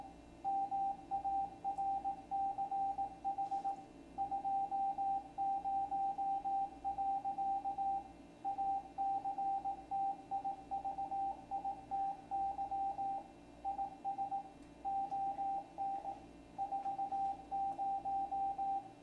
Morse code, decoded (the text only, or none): MARCH 20. ACTIVITY IS ON 40